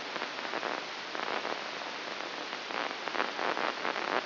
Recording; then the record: brain microelectrode recording played as sound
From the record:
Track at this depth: inside the subthalamic nucleus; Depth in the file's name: 2.405 mm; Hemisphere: right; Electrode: 3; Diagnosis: Parkinson's disease